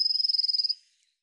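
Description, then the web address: Eurasian blue tit giving a high, rapid pulsing trill of many even notes, lasting under a second, then silence. "cianscape birddata Deverinetal 2025 File cleaned normalized Bird Cy Ca"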